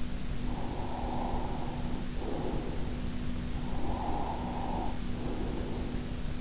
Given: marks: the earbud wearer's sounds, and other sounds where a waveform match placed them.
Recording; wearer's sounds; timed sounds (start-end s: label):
sounds in sleep by an in-ear microphone; breath
0.43-3.04 s: breath
3.64-6.24 s: breath